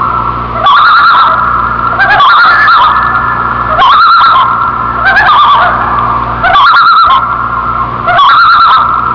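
Loon calling with about six quavering tremolo bursts, each rising then falling, spaced around one and a half seconds apart, over a low constant hum.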